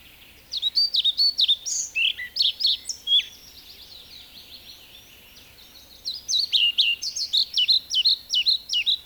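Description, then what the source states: European Pied Flycatcher song in two lively phrases of high, rhythmic, rising and falling notes, separated by a softer pause of a few seconds. Field recording from Finland, released on cassette in 1987.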